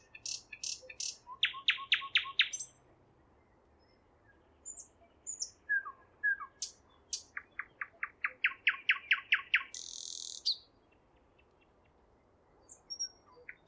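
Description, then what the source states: Nightingale song with rapid repeated ticks, a pulsing rattle of identical notes, soft slurred whistles, then another long run of repeated notes and a rasping buzz. Singing at Roslawien on 13 May 2016.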